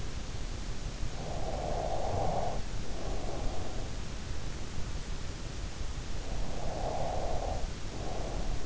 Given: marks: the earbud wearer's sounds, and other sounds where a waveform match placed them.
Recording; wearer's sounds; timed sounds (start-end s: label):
sounds in sleep by an in-ear microphone; breath, snoring breath
1.54-4.36 s: breath
6.38-8.66 s: snoring breath
6.61-7.75 s: breath